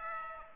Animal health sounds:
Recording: mosquito wingbeat signal from an infrared sensor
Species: Aedes aegypti

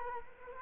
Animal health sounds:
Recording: mosquito wingbeat signal from an infrared sensor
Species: Culex quinquefasciatus

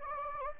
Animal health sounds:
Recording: mosquito wingbeat signal from an infrared sensor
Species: Anopheles gambiae

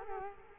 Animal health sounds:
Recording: mosquito wingbeat signal from an infrared sensor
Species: Culex quinquefasciatus

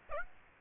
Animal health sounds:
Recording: mosquito wingbeat signal from an infrared sensor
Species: Aedes aegypti

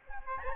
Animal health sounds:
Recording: mosquito wingbeat signal from an infrared sensor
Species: Aedes albopictus

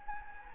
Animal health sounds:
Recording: mosquito wingbeat signal from an infrared sensor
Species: Anopheles gambiae

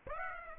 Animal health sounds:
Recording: mosquito wingbeat signal from an infrared sensor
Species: Aedes aegypti

